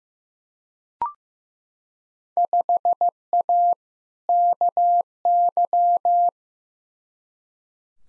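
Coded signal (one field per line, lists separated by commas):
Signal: Morse code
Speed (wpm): 15 wpm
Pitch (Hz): 700 Hz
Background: none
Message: 5A KY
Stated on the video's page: Morse practice of Field Day exchanges at 15wpm for head-copy, each sent twice.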